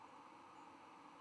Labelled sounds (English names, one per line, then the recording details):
White-throated Sparrow flight call
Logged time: 09:44 on 10 November 2014